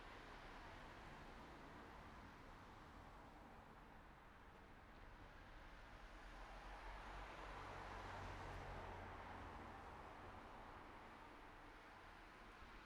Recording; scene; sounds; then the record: everyday scene through a hearing-aid microphone; in traffic; traffic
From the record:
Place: city secondary road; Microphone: behind the ear, right, rear